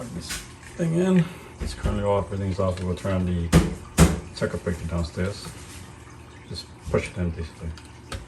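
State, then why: Not seated. A plastic thermostat unit is handled against its wall-mounted base plate while someone talks. Brief knocks and handling sounds break through the speech, but nothing has seated or clicked yet.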